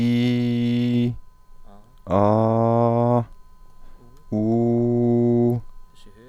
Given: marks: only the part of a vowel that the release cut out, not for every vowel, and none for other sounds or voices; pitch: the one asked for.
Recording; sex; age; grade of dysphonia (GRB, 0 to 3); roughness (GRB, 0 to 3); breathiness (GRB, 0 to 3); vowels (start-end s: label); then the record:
sustained vowels; male; 20 to 29 years; 0; 0; 0
0.00-0.97 s: vowel /i/, normal pitch
2.21-3.15 s: vowel /a/, normal pitch
4.46-5.49 s: vowel /u/, normal pitch
From the record:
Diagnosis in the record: healthy voice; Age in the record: 29 years